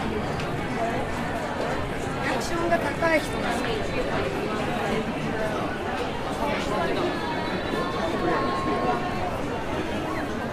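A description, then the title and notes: Steady murmur of many overlapping voices in a busy Tokyo public space, with occasional clatter and a brief high tone near the end. Sounds of Tokyo | Tokyo, Japan.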